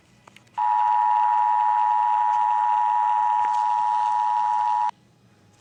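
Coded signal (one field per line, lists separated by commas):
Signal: Emergency Alert System (SAME) tones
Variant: 853 and 960 Hz attention tone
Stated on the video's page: Fictional EAS scenario.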